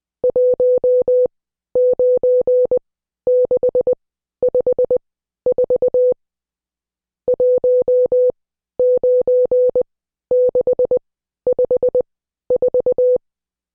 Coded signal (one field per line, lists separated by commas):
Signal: Morse code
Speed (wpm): 20 wpm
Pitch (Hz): 500 Hz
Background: none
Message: 19654 19654